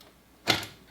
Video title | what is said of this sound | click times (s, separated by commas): AMD RX 6600 XT - Installing the Sapphire Nitro RX 6600 XT Gaming Graphics Card | now it snapped right into place | 0.5 s